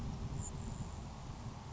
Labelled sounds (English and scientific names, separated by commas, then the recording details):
Grasshopper Sparrow (Ammodramus savannarum)
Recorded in Sonoma County, California